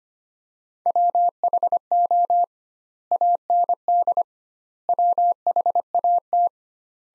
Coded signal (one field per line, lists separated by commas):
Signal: Morse code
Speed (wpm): 25 wpm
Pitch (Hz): 700 Hz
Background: none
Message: WHO AND WHAT